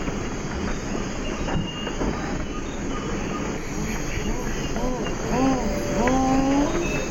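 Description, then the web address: Rufescent tiger heron giving two short, low tonal hoots near the end, the second longer and steady, over a dense buzzing insect chorus. Recorded in Ecuador. "Natures Songs S America Birds of Ecuador. Rufescent Tiger Heron"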